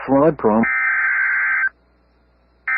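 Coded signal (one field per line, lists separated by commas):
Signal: Emergency Alert System (SAME) tones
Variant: header bursts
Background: speech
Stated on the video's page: NOAA Weather Radio severe thunderstorm warning, received online.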